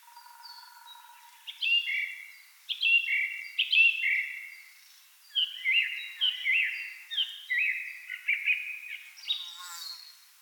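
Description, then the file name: Song thrush song of varied fluty and chirping phrases, several given twice or more before switching to a new motif, with brief pauses between bursts. Recorded 28 April 2010. "Singdrossel Turdus philomelos 20100428"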